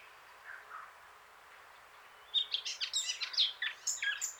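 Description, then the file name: Eurasian blackcap: quiet background hiss with a couple of faint notes at first, then a fast, scratchy and whistled warble in the last two seconds. "Sylvia atricapilla"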